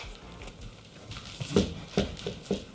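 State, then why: Not seated. A chickpea-filled plastic hula hoop segment is handled and pushed toward the adjoining segment to close the hoop. Soft rustling is broken by a series of short, sharp rattling taps, with the loudest bursts around 1.6, 2.0 and 2.5 seconds. Nothing has clicked or seated yet; the segment is still being handled.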